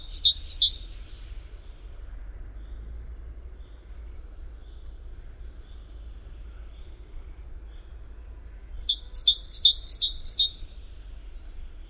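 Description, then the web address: Great tit with a short burst of two-note phrases at the start, a long quiet gap with faint background hiss, then five more brisk high-low pairs. "SETE Parus major"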